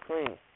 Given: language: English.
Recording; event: throat vibration sensor signal played as sound; speech